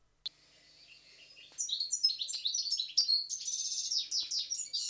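European goldfinch song: a quick, tinkling twitter of high, liquid notes that starts after a brief click and runs on continuously to the end.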